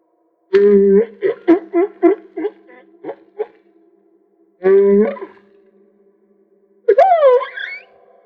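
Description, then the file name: Humpback whale song: a tonal moan followed by a rapid series of short pulsing units that fade, another moan, then a rising-and-falling whoop. Recorded off Maui. "Humpback Whale - Maui Whale One"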